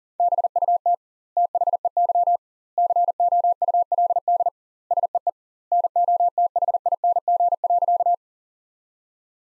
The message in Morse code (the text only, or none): BUT THEY COULD SEE NOTHING.